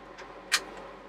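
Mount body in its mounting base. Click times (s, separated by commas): 0.5 s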